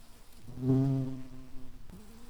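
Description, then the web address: White-tailed bumblebee buzzing: a low droning hum swells midway and then fades, and a second, slightly higher buzz starts near the end. Queens. "Lucorum queens"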